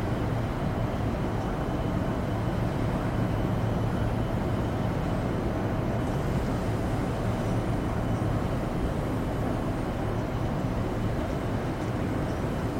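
Inside a shuttle cabin, a steady low rumble fills the whole recording, heaviest in the deep bass with a faint hum line running underneath. The level barely changes over the thirteen seconds, with only slight flutters of texture and no distinct events.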